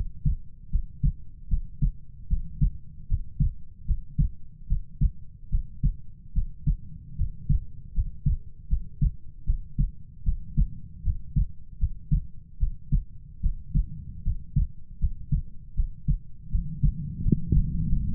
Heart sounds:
heart sounds by stethoscope; 77 bpm
0.70 s: heartbeat
1.48 s: heartbeat
2.27 s: heartbeat
3.07 s: heartbeat
3.85 s: heartbeat
4.67 s: heartbeat
5.49 s: heartbeat
6.33 s: heartbeat
7.16 s: heartbeat
7.93 s: heartbeat
8.68 s: heartbeat
9.44 s: heartbeat
10.23 s: heartbeat
11.02 s: heartbeat
11.78 s: heartbeat
12.58 s: heartbeat
13.40 s: heartbeat
14.22 s: heartbeat
14.98 s: heartbeat
15.74 s: heartbeat
16.49 s: heartbeat
17.21 s: heartbeat
17.87 s: heartbeat
From the record:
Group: healthy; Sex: female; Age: 19 years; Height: 163 cm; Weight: 48.9 kg

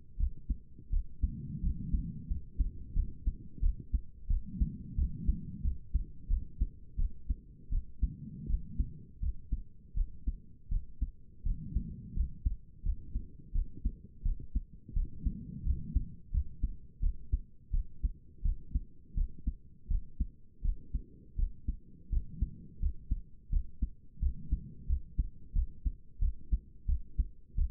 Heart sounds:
heart sounds by stethoscope; 85 bpm
0.18 s: heartbeat
0.91 s: heartbeat
1.61 s: heartbeat
2.28 s: heartbeat
2.94 s: heartbeat
3.61 s: heartbeat
4.28 s: heartbeat
4.96 s: heartbeat
5.63 s: heartbeat
6.28 s: heartbeat
6.97 s: heartbeat
7.70 s: heartbeat
8.48 s: heartbeat
9.21 s: heartbeat
9.95 s: heartbeat
10.70 s: heartbeat
11.44 s: heartbeat
12.14 s: heartbeat
12.83 s: heartbeat
13.53 s: heartbeat
14.23 s: heartbeat
14.94 s: heartbeat
15.64 s: heartbeat
16.32 s: heartbeat
17.01 s: heartbeat
17.72 s: heartbeat
18.43 s: heartbeat
19.15 s: heartbeat
19.88 s: heartbeat
20.62 s: heartbeat
21.36 s: heartbeat
22.10 s: heartbeat
22.80 s: heartbeat
23.50 s: heartbeat
24.20 s: heartbeat
24.87 s: heartbeat
25.53 s: heartbeat
26.20 s: heartbeat
26.86 s: heartbeat
27.56 s: heartbeat
From the record:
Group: healthy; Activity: rest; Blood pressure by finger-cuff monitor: 89/57 mmHg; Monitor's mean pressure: 68 mmHg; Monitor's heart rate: 85 bpm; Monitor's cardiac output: 6.9 L/min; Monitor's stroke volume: 81 mL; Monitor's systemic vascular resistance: 700 dyn s/cm5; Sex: female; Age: 22 years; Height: 163 cm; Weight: 67.1 kg

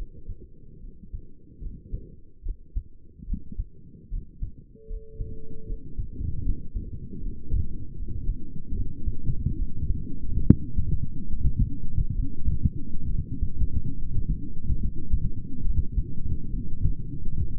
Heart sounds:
heart sounds by stethoscope; 73 bpm
0.82 s: heartbeat
1.62 s: heartbeat
2.45 s: heartbeat
3.28 s: heartbeat
4.12 s: heartbeat
4.90 s: heartbeat
5.68 s: heartbeat
6.45 s: heartbeat
7.22 s: heartbeat
7.98 s: heartbeat
8.75 s: heartbeat
9.58 s: heartbeat
10.46 s: heartbeat
11.29 s: heartbeat
12.15 s: heartbeat
13.10 s: heartbeat
13.98 s: heartbeat
14.81 s: heartbeat
15.65 s: heartbeat
16.53 s: heartbeat
17.33 s: heartbeat
From the record:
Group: healthy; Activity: rest 0-10 s, light exercise 10-18 s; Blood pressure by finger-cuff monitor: 109/62 mmHg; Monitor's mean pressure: 80 mmHg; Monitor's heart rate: 73 bpm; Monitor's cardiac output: 7.2 L/min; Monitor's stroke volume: 100 mL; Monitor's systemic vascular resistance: 770 dyn s/cm5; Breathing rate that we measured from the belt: 19 breaths a minute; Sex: male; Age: 22 years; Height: 181 cm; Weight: 79 kg

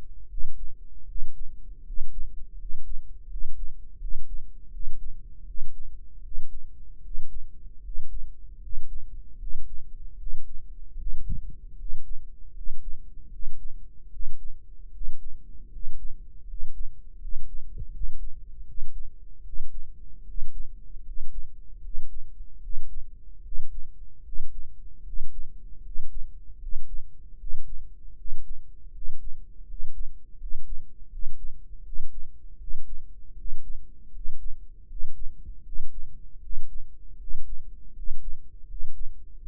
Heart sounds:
heart sounds by microphone in the right ear; 78 bpm
0.26 s: heartbeat
1.04 s: heartbeat
1.82 s: heartbeat
2.55 s: heartbeat
3.26 s: heartbeat
3.97 s: heartbeat
4.69 s: heartbeat
5.43 s: heartbeat
6.20 s: heartbeat
7.00 s: heartbeat
7.80 s: heartbeat
8.58 s: heartbeat
9.36 s: heartbeat
10.15 s: heartbeat
10.95 s: heartbeat
11.74 s: heartbeat
12.51 s: heartbeat
13.28 s: heartbeat
14.08 s: heartbeat
14.89 s: heartbeat
15.68 s: heartbeat
16.44 s: heartbeat
17.17 s: heartbeat
17.89 s: heartbeat
18.63 s: heartbeat
19.41 s: heartbeat
20.23 s: heartbeat
21.01 s: heartbeat
21.79 s: heartbeat
22.58 s: heartbeat
23.41 s: heartbeat
24.21 s: heartbeat
25.02 s: heartbeat
25.80 s: heartbeat
26.57 s: heartbeat
27.35 s: heartbeat
28.14 s: heartbeat
28.90 s: heartbeat
29.64 s: heartbeat
30.36 s: heartbeat
31.08 s: heartbeat
31.81 s: heartbeat
32.56 s: heartbeat
33.34 s: heartbeat
34.10 s: heartbeat
34.85 s: heartbeat
35.61 s: heartbeat
36.39 s: heartbeat
37.16 s: heartbeat
37.92 s: heartbeat
38.64 s: heartbeat
39.37 s: heartbeat
From the record:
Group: healthy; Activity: cold pressor test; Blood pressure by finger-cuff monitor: 111/75 mmHg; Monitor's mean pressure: 83 mmHg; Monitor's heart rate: 78 bpm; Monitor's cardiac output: 6.7 L/min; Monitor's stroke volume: 87 mL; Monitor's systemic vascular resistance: 900 dyn s/cm5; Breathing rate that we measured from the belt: 13 breaths a minute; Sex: male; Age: 23 years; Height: 178 cm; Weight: 96.6 kg

